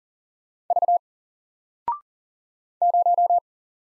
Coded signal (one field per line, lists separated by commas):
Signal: Morse code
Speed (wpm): 40 wpm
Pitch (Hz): 700 Hz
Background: none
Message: V 0